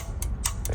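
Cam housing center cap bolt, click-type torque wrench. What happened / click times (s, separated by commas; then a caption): The click-type torque wrench clicked twice, signalling the bolt reached torque / 0.2 s, 0.5 s. A click-type torque wrench tightens a center cap bolt on a DD15 cam housing, working top to bottom. Sharp metallic clicks ring out at 0.2 s and 0.5 s, the wrench's double click confirming the bolt has reached torque, with a third similar click at 0.7 s over a low steady hum.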